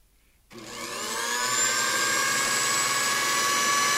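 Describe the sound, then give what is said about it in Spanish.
An electric blender switches on after a moment of silence, its motor whirring up in pitch and settling into a loud, steady high-pitched whine with no talking. “Te paso el segundo elemento, ponemos el segundo condimento en la batidora.”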